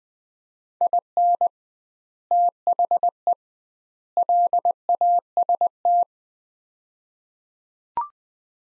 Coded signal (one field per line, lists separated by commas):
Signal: Morse code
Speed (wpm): 20 wpm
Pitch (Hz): 700 Hz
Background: none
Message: IN THE LAST